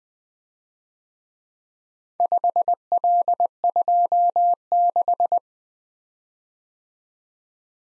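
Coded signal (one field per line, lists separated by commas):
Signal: Morse code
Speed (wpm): 20 wpm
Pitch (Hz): 700 Hz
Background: none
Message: 5L26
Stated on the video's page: Morse practice of four-character letter-number groups in Speed-Racing format: starts fast and slows to a 15 wpm base, with the top speed 1.5 times the base.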